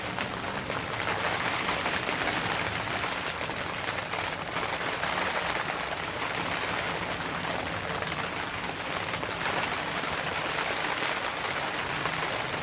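Rain falls on a tent in a steady, dense patter that stays even for the whole stretch. The hiss is bright and full, with many small drops tapping at once, and a soft low rumble runs underneath without any distinct events standing out.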